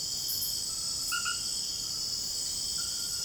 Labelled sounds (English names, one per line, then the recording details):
none
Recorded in dense forest near Puerto Asís, Putumayo, Colombia, on 18 February 2024 at 00:30
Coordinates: 0.487, -76.319
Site G6403